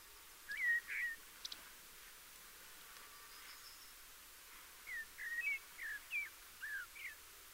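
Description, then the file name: Eurasian blackbird song: a couple of flutey notes, a pause, then a longer run of rising and falling whistled notes. "Turdus merula"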